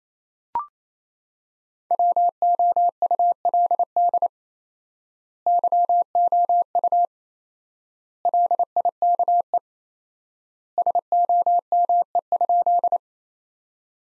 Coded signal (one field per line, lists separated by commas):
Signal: Morse code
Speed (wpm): 28 wpm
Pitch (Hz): 700 Hz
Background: none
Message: WOULD YOU LIKE SOME?